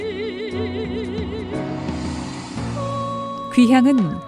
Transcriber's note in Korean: 효과: 귀향